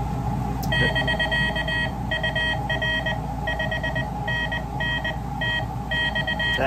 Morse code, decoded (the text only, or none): <BK> UR 5 N N T X